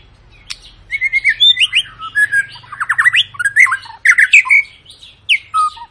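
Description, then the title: White-rumped shama song: a fast, varied run of loud whistles, chirps and rapid trilled notes, mostly high-pitched, with a faint low hum underneath. Long lure song of a white-rumped shama, used to make other birds sing. "Pancingan Murai Batu Gacor Panjang"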